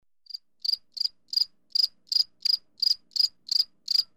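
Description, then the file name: Cricket chirps, about ten bright pulsed bursts repeated steadily roughly every third of a second, with nothing else audible. "zvuk sverchka"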